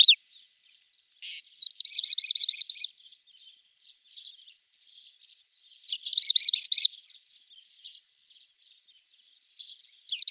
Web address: Schulze Peter Pied Wheatear song